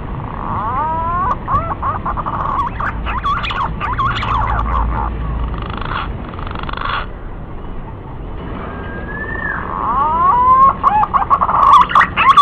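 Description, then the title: Green pigeon whistles appear in short bursts amid broad hissing noise, ending with rising, curving whistled glides and quick warbling notes. Lure call used to attract green pigeons. "Pikat Burung Punai"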